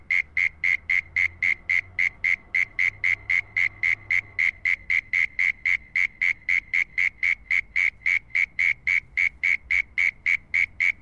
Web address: Sound Effects-Foundation ANIMAL FROG 03 UNKNOWN AUSTRALIAN 01